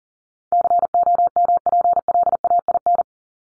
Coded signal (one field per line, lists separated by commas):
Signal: Morse code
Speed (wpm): 40 wpm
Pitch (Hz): 700 Hz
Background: none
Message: COMPLAIN